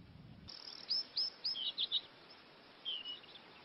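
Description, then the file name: Lawrence's goldfinch song: a few high, short chirps and slurred notes in a quick burst, then a pause and one more brief phrase, over faint hiss. "Canto do pintassilgo lawrence"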